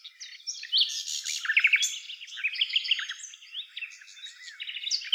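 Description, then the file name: Common nightingale song: continuous varied phrases of rapid repeated notes, trills and short whistles, with fluctuating loudness throughout. "Luscinia megarhynchos"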